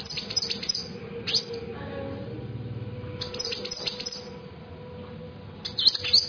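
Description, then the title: Bird song of scattered high chirps and brief twittering bursts, separated by quieter stretches filled with a steady low hum. Masteran song used to train birds to sing. "LuckyBurung MasteranBest"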